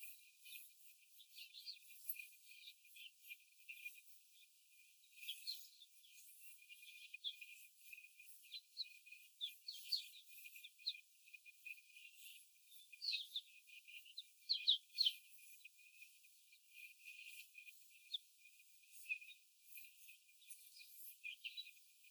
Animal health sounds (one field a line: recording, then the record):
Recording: young laying hens in a cage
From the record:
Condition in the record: after the stressor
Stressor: simulated dog barking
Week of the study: 4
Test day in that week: 1